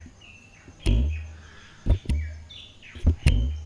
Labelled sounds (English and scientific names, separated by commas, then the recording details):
Vitelline Masked-Weaver (Ploceus vitellinus)
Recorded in northern Uganda